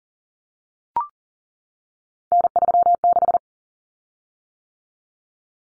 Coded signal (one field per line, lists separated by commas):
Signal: Morse code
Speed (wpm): 40 wpm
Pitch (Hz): 700 Hz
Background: none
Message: N36